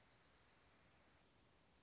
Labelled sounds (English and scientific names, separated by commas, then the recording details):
Dark-eyed Junco (Junco hyemalis)
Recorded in Sonoma County, California